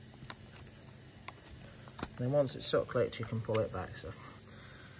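On an Audi A4 B7 during a coolant reservoir replacement, the level-sensor electrical connector on the bottom of the plastic coolant reservoir is unlatched by pressing its back tab and pulled off, with the latch clicking open at 0.3 s and the connector released. Another sharp tick follows at 1.3 s and a softer one at 2.0 s, then someone talks over a steady low hiss.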